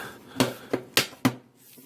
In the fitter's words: in there we go just pops